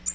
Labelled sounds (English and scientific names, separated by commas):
Tennessee Warbler (Leiothlypis peregrina) flight call